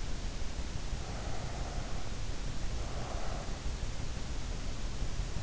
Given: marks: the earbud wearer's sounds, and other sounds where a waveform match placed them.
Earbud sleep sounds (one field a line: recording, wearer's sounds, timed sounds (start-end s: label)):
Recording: sounds in sleep by an in-ear microphone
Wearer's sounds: breath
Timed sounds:
0.64-3.95 s: breath